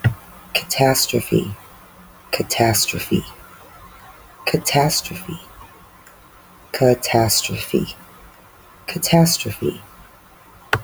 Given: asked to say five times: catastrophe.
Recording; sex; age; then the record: repeated word; female; 30 to 39 years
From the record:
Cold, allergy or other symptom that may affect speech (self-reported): no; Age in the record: 37 years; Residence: Indiana, United States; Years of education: 12